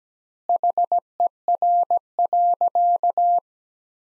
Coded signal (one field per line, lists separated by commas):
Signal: Morse code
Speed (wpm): 17 wpm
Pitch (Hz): 700 Hz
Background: none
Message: HER.